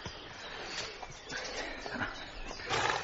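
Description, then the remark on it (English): A horse bearing an old Roman cavalry brand on its shoulder snorts and blows, giving rough, breathy bursts over a steady hiss of background noise, with a louder, harsher snort near the end. “We must get rid of these horses.”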